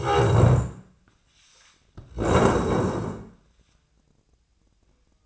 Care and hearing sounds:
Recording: daily activity, microphone in the room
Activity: stand up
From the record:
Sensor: 2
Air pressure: 1012.2 hPa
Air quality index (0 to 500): 161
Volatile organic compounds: 2 ppm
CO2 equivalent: 1179 ppm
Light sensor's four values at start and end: 41/112/46/52 and 65/148/69/83

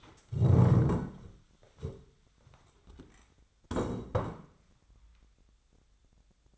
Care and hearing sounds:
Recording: daily activity, microphone in the room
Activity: stand up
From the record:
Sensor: 3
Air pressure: 1015.2 hPa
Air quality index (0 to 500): 135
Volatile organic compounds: 6 ppm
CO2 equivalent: 1906 ppm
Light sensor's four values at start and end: 14/34/14/15 and 15/39/15/17

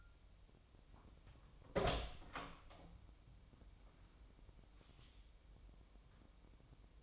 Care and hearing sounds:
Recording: daily activity, microphone in the room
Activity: open door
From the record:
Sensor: 1

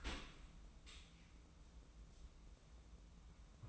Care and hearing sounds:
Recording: daily activity, microphone in the room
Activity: open dishwasher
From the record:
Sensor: 1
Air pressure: 994.4 hPa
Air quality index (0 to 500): 218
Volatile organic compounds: 1000 ppm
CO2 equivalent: 7820 ppm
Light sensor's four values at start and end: 154/354/159/177 and 156/358/161/179

